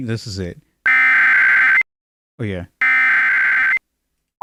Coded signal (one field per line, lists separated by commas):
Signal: Emergency Alert System (SAME) tones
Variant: header bursts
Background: speech